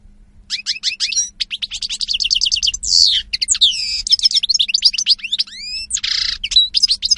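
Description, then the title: European goldfinch song, fast tinkling chirps and trills broken by harsh buzzy bursts, continuing steadily throughout over a faint hum. Spanish goldfinch lure call (reclamo). "Reclamo jilguero espaÑol"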